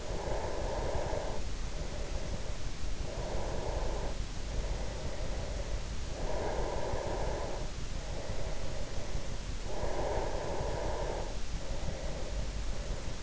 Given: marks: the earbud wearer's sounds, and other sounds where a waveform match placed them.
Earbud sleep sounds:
sounds in sleep by an in-ear microphone; breath
0.00-2.77 s: breath
3.03-6.07 s: breath
6.25-9.51 s: breath
9.70-13.22 s: breath

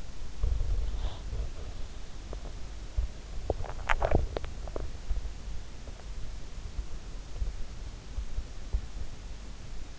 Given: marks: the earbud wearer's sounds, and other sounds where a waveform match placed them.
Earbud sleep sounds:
sounds in sleep by an in-ear microphone; body movement, breath, swallowing
0.00-1.56 s: body movement
0.71-2.14 s: breath
2.72-5.70 s: swallowing

